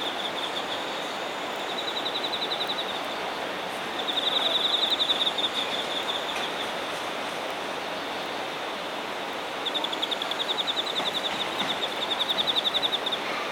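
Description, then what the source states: Insect trill in bursts of a few seconds separated by pauses, a rapid high pulsing over constant hissing noise. Singing insects recorded in Shinagawa, Japan.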